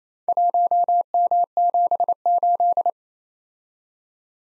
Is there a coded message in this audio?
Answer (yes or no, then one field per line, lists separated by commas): yes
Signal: Morse code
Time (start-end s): 0.3-2.9 s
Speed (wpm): 29 wpm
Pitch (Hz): 700 Hz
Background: none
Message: 1M78